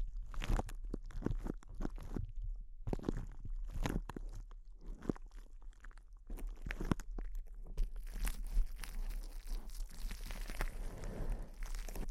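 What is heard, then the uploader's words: Intense close-up crinkles: sharp crunchy bursts come rapidly at first, then settle into a denser, continuous rustling crackle after about eight seconds. ASMR Intense Close-Up Crinkles (No Talking).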